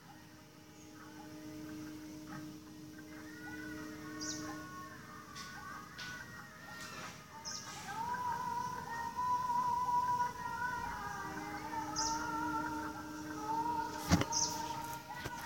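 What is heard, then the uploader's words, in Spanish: Dawn heard from a window: short bird chirps come and go every few seconds over a steady low hum. Around eight seconds a vehicle-like drone swells and holds, and a sharp knock cuts through near the fourteenth second. Mi ventana - Amancer. Hyderabad - India - January - February 2016.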